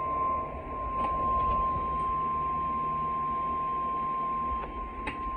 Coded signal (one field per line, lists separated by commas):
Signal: Emergency Alert System (SAME) tones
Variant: 1050 Hz attention tone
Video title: Required Weekly test! (EAS #8) WXJ76